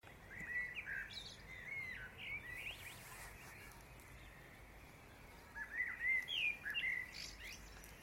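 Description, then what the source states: Bird chorus with busy chirping and quick twittering phrases, a lull in the middle, then a burst of bright trills near the end, over a soft low hiss. Dawn chorus.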